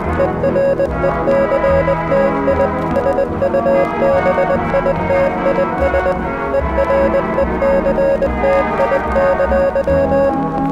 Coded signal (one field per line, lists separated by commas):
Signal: Morse code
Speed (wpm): 20 wpm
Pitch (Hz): 550 Hz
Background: music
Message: ERECTI SUBITIS ERECTI!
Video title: (RQ) North Korea EAS Alarm (1987) (MOCK)